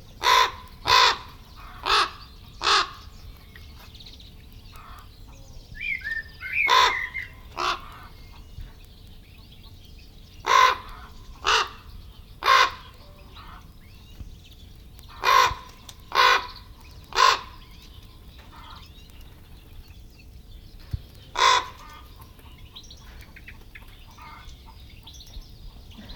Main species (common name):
Common Raven